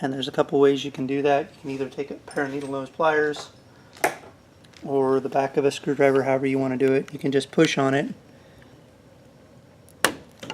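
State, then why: Seated. A rope end connector is pushed into its retaining socket with needle-nose pliers or the back of a screwdriver while someone talks. A sharp, loud snap at 10.1 s marks the connector seating and locking into place.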